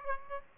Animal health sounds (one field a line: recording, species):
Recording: mosquito wingbeat signal from an infrared sensor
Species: Aedes aegypti